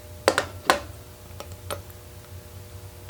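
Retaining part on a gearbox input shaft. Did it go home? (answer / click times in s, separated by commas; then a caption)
no / none. A metal retaining part on the input shaft of a Triumph Spitfire gearbox is handled and pushed during reassembly. Sharp metallic ticks sound at about 0.3, 0.4 and 0.7 seconds, followed by fainter taps over a low steady hum. Nothing has snapped into place yet, so the part is not seated.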